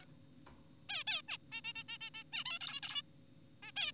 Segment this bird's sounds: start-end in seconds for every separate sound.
0.90-1.04, 1.07-1.22, 1.28-1.38, 1.52-1.61, 1.64-1.73, 1.76-1.84, 1.89-1.98, 2.01-2.10, 2.14-2.24, 2.33-2.44, 2.46-2.59, 2.61-2.80, 2.83-3.02, 3.63-3.72, 3.76-3.92